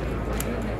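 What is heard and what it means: During a caliber change on a bolt-action rifle, the barrel assembly goes back into the receiver tube and snaps in place as the spring goes forward. The retaining tab seats with a short metallic click at 0.4 s over a steady background hum.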